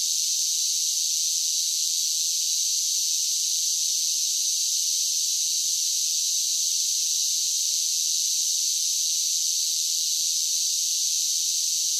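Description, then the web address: Cicadas droning continuously in a high, hiss-like buzz without breaks or changes in pitch; no other sounds. "Blast Wave Update 2 Insect Cicadas"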